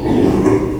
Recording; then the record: squeal of a Yucatan mini pig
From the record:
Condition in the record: before surgery on the right vocal fold (resection and tissue-engineered implant); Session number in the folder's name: 1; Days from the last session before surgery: -3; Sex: male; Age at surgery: 12 weeks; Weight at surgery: 13 kg